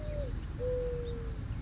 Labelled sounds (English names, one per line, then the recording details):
Mourning Dove
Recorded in Sonoma County, California